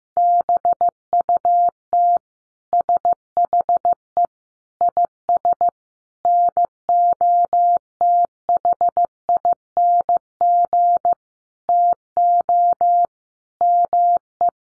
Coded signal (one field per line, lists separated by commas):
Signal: Morse code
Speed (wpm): 15 wpm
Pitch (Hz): 700 Hz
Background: none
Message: BUT SHE IS NOTHING TO ME